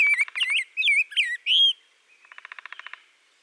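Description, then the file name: Rose-breasted grosbeak giving a short string of quick, sweet, slurred whistles, followed by a quick train of dry clicking pulses. "Pheucticus ludovicianus - Rose-breasted Grosbeak"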